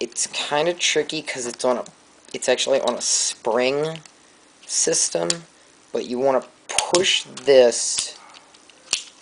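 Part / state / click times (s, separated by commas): spring-loaded plastic limb joint of a transforming toy robot / seated / 8.9 s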